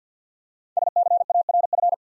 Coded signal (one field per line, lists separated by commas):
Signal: Morse code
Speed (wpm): 54 wpm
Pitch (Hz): 700 Hz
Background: none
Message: SCARF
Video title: Easy Words with Hints - 50wpm